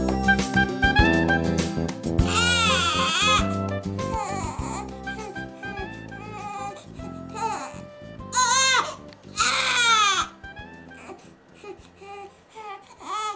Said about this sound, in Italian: Questo bambino sta piangendo, semplice, no? Elementare. Ma non è proprio così come si pensa, perché dietro ad un pianto c'è sempre una richiesta.